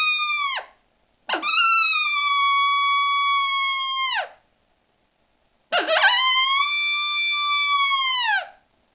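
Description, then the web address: Coyote howls: a brief falling tail, then two long steady harmonic howls, each starting with a rough burst and ending in a sharp downward slide, separated by silence. "coyote cowtiphowl"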